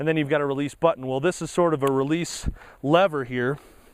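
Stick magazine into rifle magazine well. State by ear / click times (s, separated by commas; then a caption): not seated / none. Someone talks while a stick magazine is handled at the magazine well of a Thompson 1927 A1 semi-auto rifle, with the release lever about to be held so the magazine can be pushed up into place. The clip ends before the magazine goes home, so nothing has seated or clicked yet; this magazine slides in and locks solid without a click.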